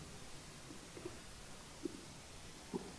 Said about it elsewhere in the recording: I've got a huge parabolic microphone. Sitting on the ground in the spinifex at dusk on Pullen Pullen Reserve. It's 15 minutes after sunset, and that noise was just my stomach being picked up by the microphone. That's how quiet it is out here.